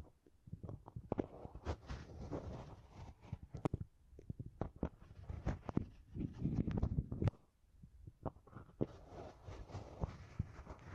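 Beeswax being handled, with squishy, sticky crackles and pops over a low, soft rumble. The sounds come in dense, irregular bursts with brief bright clicks, pausing briefly near four and eight seconds before resuming.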